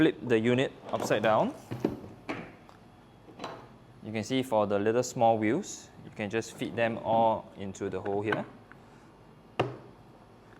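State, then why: Seated. A small plastic caster wheel is pushed into its hole on the underside of an upturned Vacmaster VK1330PWR 3-in-1 wet and dry vacuum and carpet shampooer drum while someone talks. After a few light knocks, a sharp click at 9.6 s shows the wheel seating in its socket.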